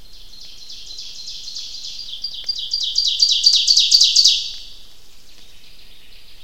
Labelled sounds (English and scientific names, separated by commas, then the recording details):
Ovenbird (Seiurus aurocapilla) song
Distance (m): 5 m
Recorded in boreal forest in Alberta, Canada, on 29 May 2016 at 08:53
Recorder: SongMeter 3, array SBT-3-49
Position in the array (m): 47 m, 179 m
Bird 15